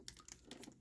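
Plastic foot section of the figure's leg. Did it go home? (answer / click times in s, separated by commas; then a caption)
no / none. The plastic foot section of a Brave Troops Optimus Prime figure's leg is opened and worked by hand, making a quick run of short, light plastic ticks and rattles. The foot does not click into place and tends to collapse in on itself, so nothing has seated or clicked yet.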